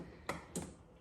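A small plastic retaining clip is slid over the metal E-clip on the transmission cooler line quick-connect at the radiator of a 2017 GMC / Chevy 2500HD with a 6L90 transmission. Two sharp ticks are heard at 0.3 s and 0.6 s as the clip snaps over the fitting and seats.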